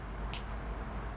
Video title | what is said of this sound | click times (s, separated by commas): Aseptic Technique Part 3 | Put the dropper back on the bottle and screw on the cap until you hear a click. | 0.3 s